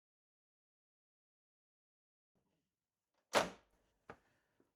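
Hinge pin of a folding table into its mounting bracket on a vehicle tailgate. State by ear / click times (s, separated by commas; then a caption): seated / 4.1 s. Quiet for the first three seconds, then a loud, broad thump around 3.3 s as the tapered hinge pin of a folding table is pushed into its mounting bracket on a Jeep Wrangler tailgate. A short, sharp thunk follows at 4.1 s as the pin snaps into place, then a faint tick. The table hinge pin is seated.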